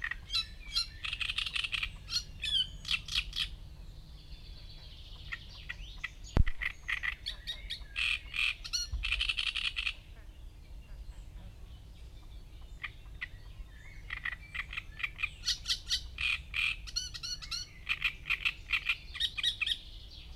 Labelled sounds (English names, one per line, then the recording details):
Great Reed Warbler song
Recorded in the wild
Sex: male
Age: adult
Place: Gorinsee, Brandenburg, DE
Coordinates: 52.6889, 13.4711
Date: 1990-05-19 12:54
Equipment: Uher 4400 Report Monitor, Sennheiser MKH 416 T
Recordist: Frommolt, Karl-Heinz
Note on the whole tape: Gesang, Dauer ca. 10 min